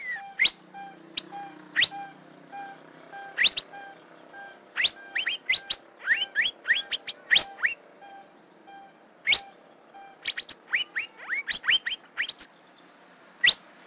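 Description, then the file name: Asian fairy-bluebird giving bright upslurred whistles, singly and in fast clusters, with a faint repeated steady tone in the background. "suara kacembang gadung"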